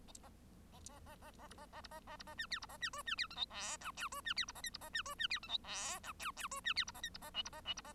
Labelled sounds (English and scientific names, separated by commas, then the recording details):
Bengalese Finch (Lonchura striata domestica) song
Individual Bird1